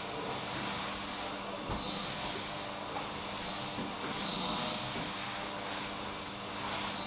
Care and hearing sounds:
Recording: daily activity, microphone in the room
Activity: vacuum cleaning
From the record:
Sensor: 1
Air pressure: 988.7 hPa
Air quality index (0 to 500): 198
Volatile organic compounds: 986 ppm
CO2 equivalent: 5282 ppm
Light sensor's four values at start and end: 25/92/35/36 and 25/93/35/36

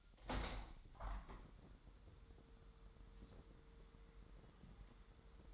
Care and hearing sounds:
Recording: daily activity, microphone in the room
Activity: open window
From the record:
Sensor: 3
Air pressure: 1000.2 hPa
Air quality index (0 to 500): 230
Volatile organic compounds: 107 ppm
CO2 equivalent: 3799 ppm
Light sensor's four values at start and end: 10/23/9/9 and 11/25/10/10

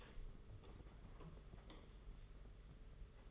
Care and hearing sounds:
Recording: daily activity, microphone in the room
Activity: open door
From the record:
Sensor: 4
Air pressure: 992.4 hPa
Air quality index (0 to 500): 111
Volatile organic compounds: 20 ppm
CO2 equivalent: 2679 ppm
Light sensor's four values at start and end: 21/74/27/28 and 22/75/27/29

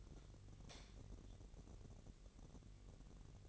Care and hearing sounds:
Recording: daily activity, microphone in the room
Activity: light on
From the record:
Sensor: 4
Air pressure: 1012.7 hPa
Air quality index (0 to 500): 248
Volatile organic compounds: 4 ppm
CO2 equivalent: 1687 ppm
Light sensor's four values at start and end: 15/34/14/14 and 17/44/17/19

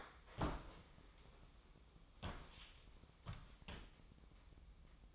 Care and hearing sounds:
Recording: daily activity, microphone in the room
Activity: stand up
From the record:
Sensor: 1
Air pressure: 1005.1 hPa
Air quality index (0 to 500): 122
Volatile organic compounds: 4 ppm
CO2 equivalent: 1701 ppm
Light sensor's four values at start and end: 11/27/10/11 and 10/25/10/11

